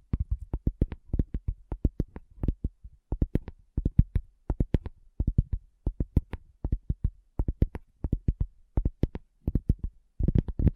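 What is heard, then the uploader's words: Rapid tapping in quick bursts of several sharp knocks with short pauses between, each tap deep and hollow, continuing steadily throughout. ASMR Addictive Tapping. (No Talking).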